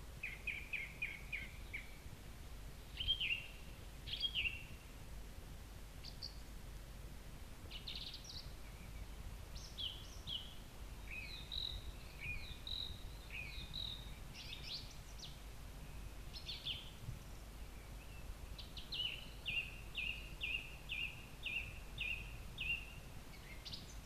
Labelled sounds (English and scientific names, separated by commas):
Song Thrush (Turdus philomelos) song